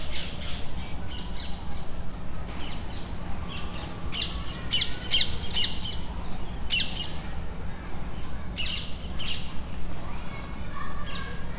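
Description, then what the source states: Rose-ringed parakeets squawking, harsh shrieks in scattered clusters against a steady low rumble. Ring-necked parakeets agitated at the foot of Parc des Beaumonts, Montreuil near Paris, France; recorded with a DR-40X.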